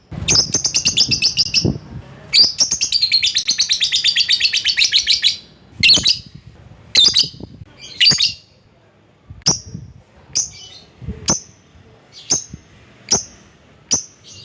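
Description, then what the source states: Lovebird calls: long rapid buzzy chattering runs, then a series of sharp high chirps spaced about a second apart. Lovebird calling a rival.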